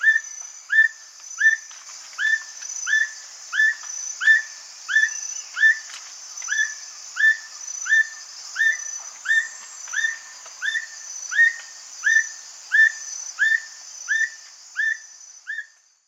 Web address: Natures Songs S America Eastern Lowlands Black Bushbird